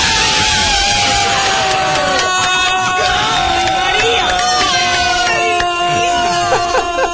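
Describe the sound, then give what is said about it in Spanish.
A football crowd cheering a goal in the 117th minute: a loud, sustained roar of overlapping shouts and cheers fills all seven seconds, with excited voices rising and falling through the dense wall of noise and never dropping away. “Hay gritos por doquier detrás. La gente se salía de la vaina.”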